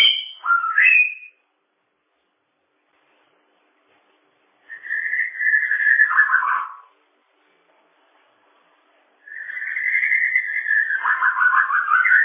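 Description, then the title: Bird song: a brief high twittering note, then two whistled phrases that slide lower into buzzy warbling, with silent gaps between. "kikicau"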